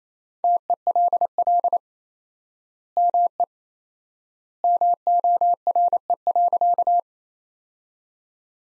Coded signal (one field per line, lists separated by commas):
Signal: Morse code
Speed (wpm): 28 wpm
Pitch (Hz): 700 Hz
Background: none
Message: TELL ME MORE.